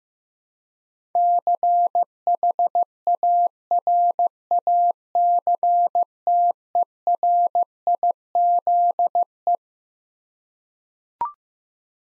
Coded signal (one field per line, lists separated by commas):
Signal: Morse code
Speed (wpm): 15 wpm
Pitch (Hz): 700 Hz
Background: none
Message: CHARACTERIZE